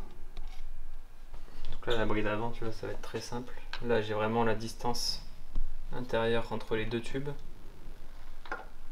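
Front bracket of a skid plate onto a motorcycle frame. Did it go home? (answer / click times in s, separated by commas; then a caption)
yes / 8.5 s. Someone talks while the front bracket of a metal motocross skid plate for a Triumph motorcycle is pushed into place between the two frame tubes. It clips on with a quick double click at 8.5 s and 8.5 s, seating in the right spot, where it bears on the welds so the skid plate cannot slide back.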